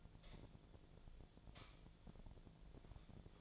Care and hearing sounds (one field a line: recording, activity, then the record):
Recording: daily activity, microphone in the room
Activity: light on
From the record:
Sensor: 5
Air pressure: 1009.9 hPa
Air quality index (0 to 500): 159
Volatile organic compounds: 4 ppm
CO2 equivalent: 1549 ppm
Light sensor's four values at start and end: 159/405/169/180 and 159/406/169/181